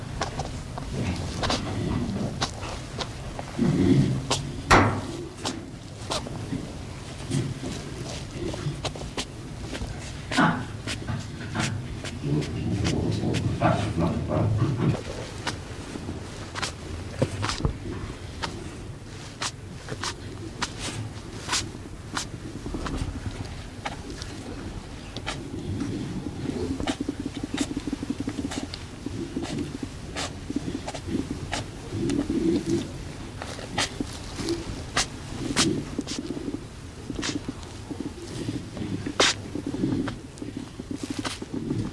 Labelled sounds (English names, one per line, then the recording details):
West European Hedgehog
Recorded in captivity
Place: Tierpark Görlitz, Sachsen, DE
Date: 1988-02-24 10:51
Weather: overcast, ca. 0°C
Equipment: Nagra SN
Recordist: Tembrock, Günter